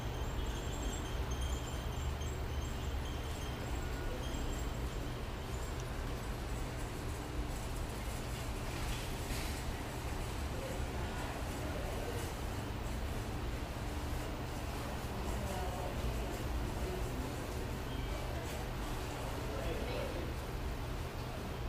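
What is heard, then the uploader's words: Steady ambience inside a garden center, dominated by a constant low rumble like ventilation or traffic. Faint murmured voices and small clatters drift through, with a brief brighter rattle around nine seconds, while the overall level stays even throughout. Standing inside a Lowe's Garden Center on Iverson Way.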